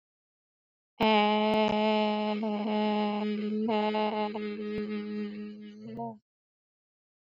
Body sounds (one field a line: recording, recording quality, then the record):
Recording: sustained vowel as in made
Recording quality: excellent, no background noise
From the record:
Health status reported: exposed to COVID-19, no respiratory illness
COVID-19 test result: negative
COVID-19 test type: RT-PCR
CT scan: not taken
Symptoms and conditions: sore throat, another condition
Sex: female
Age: 37 years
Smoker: no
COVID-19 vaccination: both doses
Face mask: not worn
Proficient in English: yes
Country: India